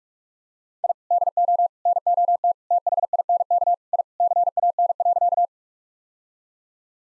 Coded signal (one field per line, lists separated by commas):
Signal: Morse code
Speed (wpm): 46 wpm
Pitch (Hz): 700 Hz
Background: none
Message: I DO NOT THINK I CAN.